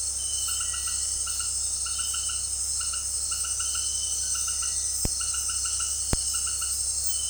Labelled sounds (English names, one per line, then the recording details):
Cinereous Tinamou
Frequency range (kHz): Cinereous Tinamou 1.6-2.3 kHz
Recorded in dense forest near Puerto Asís, Putumayo, Colombia, on 18 February 2024 at 18:30
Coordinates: 0.485, -76.322
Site G6406